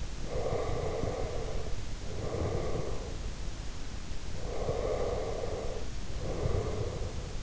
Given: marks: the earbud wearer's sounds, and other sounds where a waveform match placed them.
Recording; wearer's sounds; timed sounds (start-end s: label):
sounds in sleep by an in-ear microphone; breath
0.34-3.20 s: breath
4.31-7.42 s: breath